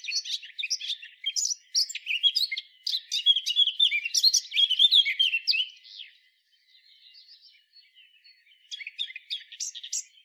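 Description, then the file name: Eurasian blackcap giving a dense, chattering warble for six seconds, then near silence with faint notes, before a short burst of song resumes. "Sylvia atricapilla"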